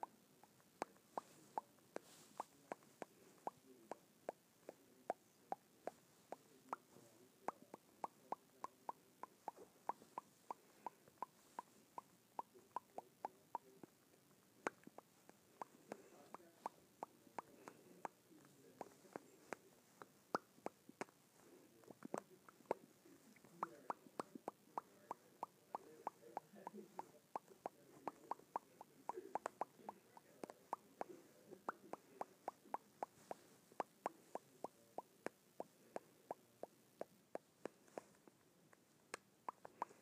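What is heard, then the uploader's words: Lips smack together over and over in a dry series of wet little clicks, sometimes in quick clusters and sometimes spaced out, continuing for the full forty seconds. A soft, low murmur sits underneath. ASMR Smacking my Lips Together.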